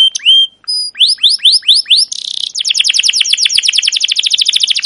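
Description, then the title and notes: Canary song opening with rising whistled notes and a buzzy burst, then a long fast run of rhythmic chirps. Captive canary song used as a training lure for young canaries learning sounds; long continuous chirping style called cuit cuit ngerol. "CUIT CUIT NGEROL LANGSUNG GACOR PANJANG Kenari Ini AMPUH Utk Pancingan KENAR. PANCINGAN Kenari GACOR PANJANG Cuit CUIT EMOSI ini AMPUH utk MASTERAN Kenari PAUD belajar BUNYI. burung kenari"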